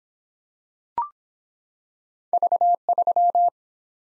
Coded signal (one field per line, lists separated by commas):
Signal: Morse code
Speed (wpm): 24 wpm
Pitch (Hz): 700 Hz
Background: none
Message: V3